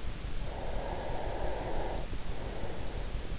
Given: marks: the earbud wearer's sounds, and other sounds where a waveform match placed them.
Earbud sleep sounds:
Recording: sounds in sleep by an in-ear microphone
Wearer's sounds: breath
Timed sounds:
0.27-2.59 s: breath

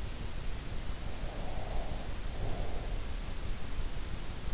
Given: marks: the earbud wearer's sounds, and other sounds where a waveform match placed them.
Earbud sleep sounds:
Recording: sounds in sleep by an in-ear microphone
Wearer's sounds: breath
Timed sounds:
1.14-3.00 s: breath

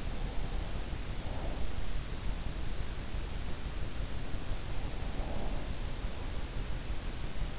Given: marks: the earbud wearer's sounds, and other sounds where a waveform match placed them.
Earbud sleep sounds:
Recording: sounds in sleep by an in-ear microphone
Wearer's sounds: breath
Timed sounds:
1.13-1.71 s: breath
4.88-5.59 s: breath

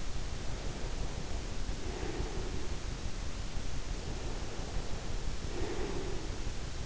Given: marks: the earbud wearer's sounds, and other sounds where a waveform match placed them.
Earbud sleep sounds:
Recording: sounds in sleep by an in-ear microphone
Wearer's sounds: breath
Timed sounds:
0.15-2.89 s: breath
3.87-6.41 s: breath

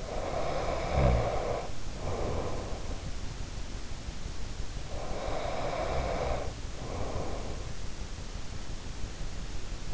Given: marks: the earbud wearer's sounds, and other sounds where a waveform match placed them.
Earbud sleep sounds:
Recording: sounds in sleep by an in-ear microphone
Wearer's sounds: snoring breath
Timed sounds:
0.00-2.82 s: snoring breath
4.90-7.66 s: snoring breath

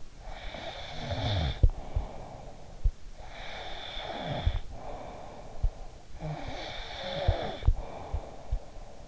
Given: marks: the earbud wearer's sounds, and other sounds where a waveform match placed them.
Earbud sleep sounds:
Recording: sounds in sleep by an in-ear microphone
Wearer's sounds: snoring breath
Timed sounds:
0.33-2.84 s: snoring breath
3.42-5.92 s: snoring breath
6.16-9.08 s: snoring breath

